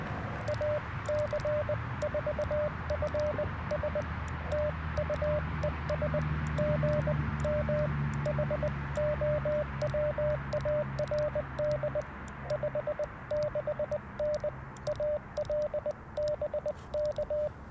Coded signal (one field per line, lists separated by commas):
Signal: Morse code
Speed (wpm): 19 wpm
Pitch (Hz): 600 Hz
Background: radio noise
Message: AC4FS TU ES GM HOWARD 56N AL BK